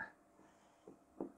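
The two small side buttons on a DJI Osmo Action action camera's battery pack are pressed, releasing the battery so it can be pulled out of the camera body. Sharp plastic release clicks are heard at 0.0, 0.9 and 1.2 seconds, and the last one is the loudest. The battery comes free from the camera.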